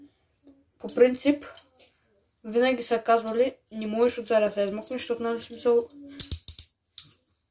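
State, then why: Seated. Someone talks, then metal handcuffs are ratcheted closed around the wrists behind the back, the ratchet arm closing into its cuff. A run of sharp clicks lands at 6.2, 6.3, 6.5, 6.6 and 7.0 seconds, and the cuffs lock shut.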